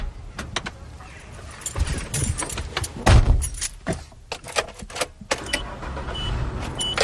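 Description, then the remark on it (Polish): Someone gets into a car: keys jangle, a series of sharp clicks and rattles, a heavy door thump around the middle, then more handling noises as the car is readied to go. “Proponuję usiąść na samochód i wyjechać do wyspy Krzysztofskiej.”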